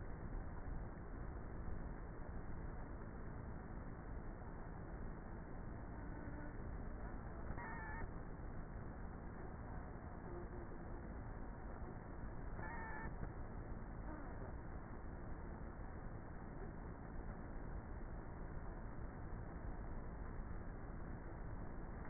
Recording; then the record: honeybee colony, microphone inside the hive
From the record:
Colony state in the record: queenless with a low population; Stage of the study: before two queens were removed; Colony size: about 30,000 bees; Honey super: no